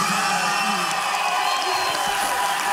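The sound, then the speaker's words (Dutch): A crowd of parents, friends, family and girlfriends cheers and whoops loudly and steadily, a dense wash of many voices shouting with no pauses, celebrating the winner of the Vriendenloterij Juryprijs at Cameretten 2023. “Een behoorlijke fanclub zo te horen.”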